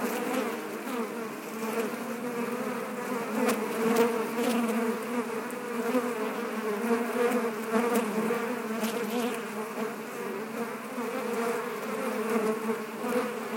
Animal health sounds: honeybee colony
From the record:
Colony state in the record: active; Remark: normal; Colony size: 10,000 bees

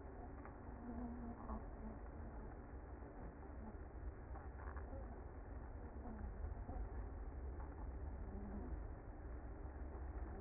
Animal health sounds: honeybee colony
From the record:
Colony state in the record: active

